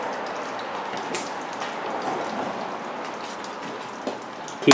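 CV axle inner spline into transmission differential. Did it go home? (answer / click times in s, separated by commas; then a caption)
yes / 4.7 s. The inner spline end of a new CV axle on a Hyundai Elantra is tapped with a hammer into the transmission differential over a steady broadband hiss, with a brief knock near 1.1 s. At 4.7 s a sharp snap is heard as the axle's retaining clip pops home and the axle is seated.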